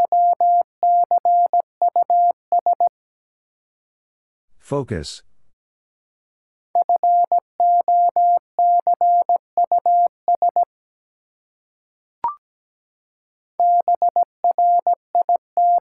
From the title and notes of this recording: Five Letter Words - 17wpm. First, the word is sent in Morse code. Then it is spoken.